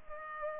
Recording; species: mosquito wingbeat signal from an infrared sensor; Culex pipiens